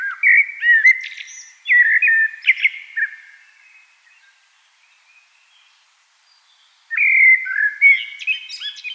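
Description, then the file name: Common blackbird song: two mellow warbled phrases ending in thin twitters, a long quiet gap, then another fluted phrase with high squeaky notes. "Turdus merula"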